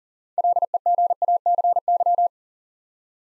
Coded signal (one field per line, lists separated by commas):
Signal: Morse code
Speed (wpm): 38 wpm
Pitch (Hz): 700 Hz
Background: none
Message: LEGACY